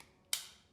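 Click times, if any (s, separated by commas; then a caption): 0.3 s. An NP-F style camera battery is pushed into the locking battery plate on the back of a SHIMBOL Memory I recorder monitor and clicks into place at 0.3 s with a single sharp, bright snap. The snap fades quickly into quiet, and the battery is confirmed seated before the monitor is powered on.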